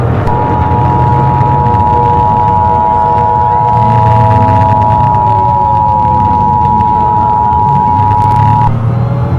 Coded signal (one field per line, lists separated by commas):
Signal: Emergency Alert System (SAME) tones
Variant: 853 and 960 Hz attention tone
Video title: Nuclear First Strike EAS Scenario/Ambience/Audio Experience